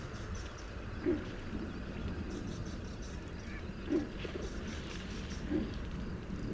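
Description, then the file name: Domestic pigeon giving three short, low coos spaced a couple of seconds apart over a steady background hiss and rumble. "hazi galamb hangja"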